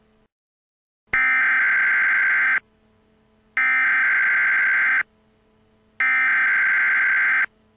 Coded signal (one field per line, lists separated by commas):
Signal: Emergency Alert System (SAME) tones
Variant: header bursts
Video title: EAS TEST